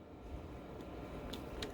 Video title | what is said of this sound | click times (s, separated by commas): Ken tool tpms repair kit | And you screw it in and it says you'll hear 3 clicks. There's 1, 2, 3. | 1.3 s, 1.6 s